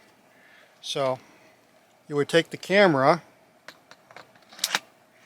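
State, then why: Seated. Someone talks, then a camera with a SmallRig quick release plate on its bottom is slid into the shoe on the tripod head, making light scraping ticks around 3.7 to 4.2 s. A sharp click at 4.6 s marks the plate seating in the shoe, and the camera is mounted.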